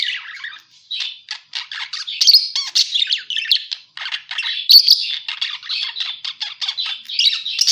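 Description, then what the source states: Parakeet chatter: quick scratchy chirps and warbled notes in irregular bursts, with short gaps between phrases. Lure sound used to attract and catch parakeets.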